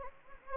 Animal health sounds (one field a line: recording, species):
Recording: mosquito wingbeat signal from an infrared sensor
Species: Anopheles gambiae